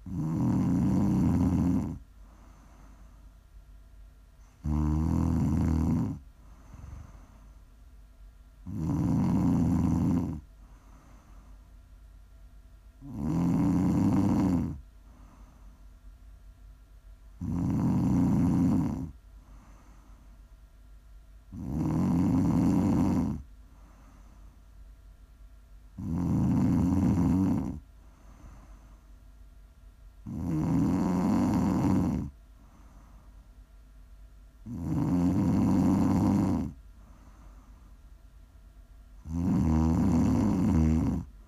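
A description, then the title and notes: Someone snores in a slow, steady rhythm, with a loud rasping breath roughly every four to five seconds. Each snore is deep and rumbling with a brief buzzy flutter, and the gaps between are nearly silent apart from a faint low hum. Prime ASMR snoring.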